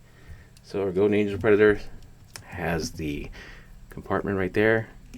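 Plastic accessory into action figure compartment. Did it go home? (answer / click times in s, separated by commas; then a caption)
no / none. A plastic accessory is handled next to the storage compartment of a Go Ninja Predator action figure while someone talks. Faint taps come at about 0.6 s and 5.1 s, but nothing has seated or clicked in yet.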